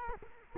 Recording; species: mosquito wingbeat signal from an infrared sensor; Culex quinquefasciatus